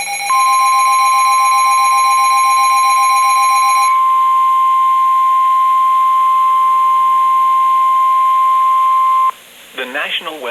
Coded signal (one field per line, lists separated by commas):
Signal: Emergency Alert System (SAME) tones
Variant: 1050 Hz attention tone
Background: speech